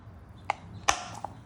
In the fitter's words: ush it in to place until you hear a click